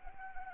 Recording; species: mosquito wingbeat signal from an infrared sensor; Anopheles arabiensis